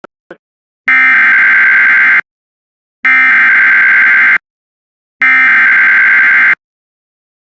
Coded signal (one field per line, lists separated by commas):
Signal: Emergency Alert System (SAME) tones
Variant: header bursts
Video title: EAS #228 Severe Thunderstorm Warning On WJON-IP